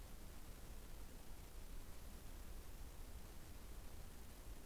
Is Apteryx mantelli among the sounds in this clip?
no